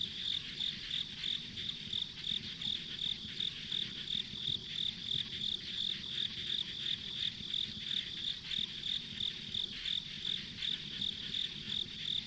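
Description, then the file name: Insects, probably crickets, keep up a regular high chirping about three per second, with a steady whirring chorus behind and low background rumble. Ambient insect sounds on a rural country road. "田舎道の虫の環境音"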